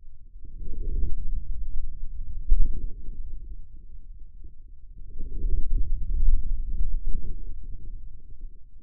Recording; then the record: forearm muscle sounds (acoustic myography)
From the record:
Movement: hand closing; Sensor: system 2, bracelet of six BSWA MPA416 microphones around the upper forearm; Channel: 6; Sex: male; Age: 22 years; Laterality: right